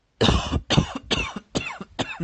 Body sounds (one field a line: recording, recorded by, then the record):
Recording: voluntary cough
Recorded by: messaging app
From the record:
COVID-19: negative